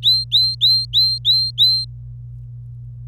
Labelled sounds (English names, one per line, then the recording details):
Domestic Canary song
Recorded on 26 April 2018 at 12:25
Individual llb3